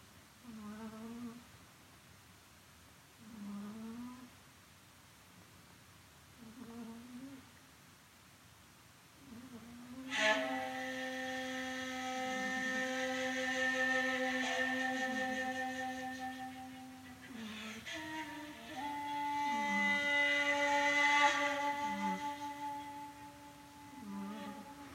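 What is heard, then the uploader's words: A cat snores softly in short, regular breaths, one every three seconds or so, through the first ten seconds. Then a shakuhachi enters with long, steady held notes and a breathy edge, shifting pitch around 17 and 19 seconds while faint snoring continues beneath. Duet: Oreo the Kitty Snoring & Shakuhachi.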